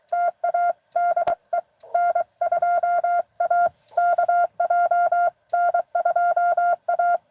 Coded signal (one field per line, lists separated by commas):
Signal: Morse code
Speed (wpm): 24 wpm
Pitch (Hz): 700 Hz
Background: none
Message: TA DE N2AKJ N2A